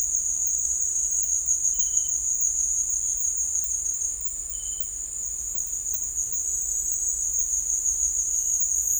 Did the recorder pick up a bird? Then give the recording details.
no. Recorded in secondary vegetation near Puerto Asís, Putumayo, Colombia, on 26 December 2024 at 17:00. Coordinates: 0.484, -76.319. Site GP06